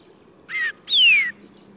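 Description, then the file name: Black drongo two-note call, a brief harsh note and then a longer harsh note falling clearly in pitch, over a low background hum. "大卷尾"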